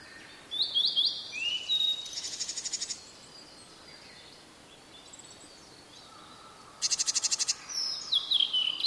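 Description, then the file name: Blue-and-white flycatcher sings whistled phrases that break into harsh, buzzy pulsed trills, twice over, with a faint steady drone underneath. "oruri"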